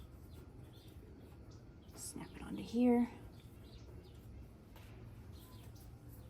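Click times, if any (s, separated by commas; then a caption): none. A rubber spark plug wire boot is handled on its way onto a distributor cap terminal of a 1960 Cadillac limousine's V8 during a tune-up. Someone talks briefly over quiet background noise, and a short, louder voiced sound rises near 2.8 s. Nothing has snapped or seated yet.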